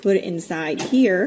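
Someone talks while the K-cup pod holder, a plastic insert, is handled at the single-serve side of a Hamilton Beach FlexBrew Model 49976 coffee maker. No click is heard in this 1.4-second clip, and the holder has not seated yet.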